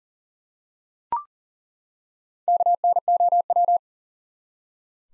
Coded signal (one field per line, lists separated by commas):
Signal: Morse code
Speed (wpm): 38 wpm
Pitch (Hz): 700 Hz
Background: none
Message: KNOW